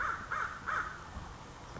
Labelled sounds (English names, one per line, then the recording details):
American Crow
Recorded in Sonoma County, California